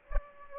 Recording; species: mosquito wingbeat signal from an infrared sensor; Aedes aegypti